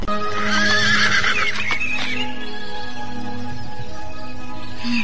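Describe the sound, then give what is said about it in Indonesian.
A horse in a palace courtyard lets out a loud, wavering whinny that rises and falls over about two seconds, followed by a few soft hoof clops while a steady hum continues underneath. “Kelihatannya kuda ini bisa kupakai.”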